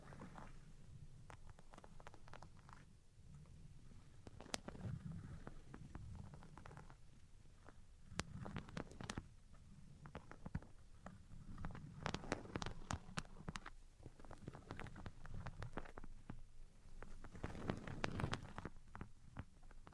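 Tapping and scratching sounds come in a busy, uneven stream for the whole twenty seconds. Sharp clicks and taps land every fraction of a second, with denser flurries around five, twelve to thirteen, and eighteen seconds. A low rubbing texture runs underneath.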